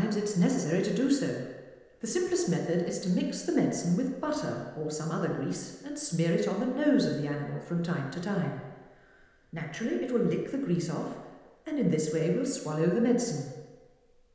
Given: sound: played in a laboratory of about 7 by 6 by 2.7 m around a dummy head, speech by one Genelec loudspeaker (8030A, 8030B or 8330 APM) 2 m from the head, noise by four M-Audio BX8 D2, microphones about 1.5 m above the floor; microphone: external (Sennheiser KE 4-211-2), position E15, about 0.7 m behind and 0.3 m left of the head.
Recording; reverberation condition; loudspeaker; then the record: female speech in English; high; behind (180 degrees)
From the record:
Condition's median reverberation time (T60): about 1300 ms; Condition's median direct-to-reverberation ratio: about -4.0 dB